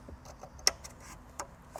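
An amplifier harness connector for an Encore Alpha amplifier is pushed into a factory vehicle connector on a Land Cruiser, daisy-chaining the two. It seats with a sharp click at 0.7 s, and fainter clicks and rattles follow around 1.4 s and 1.8 s. The connection is secure.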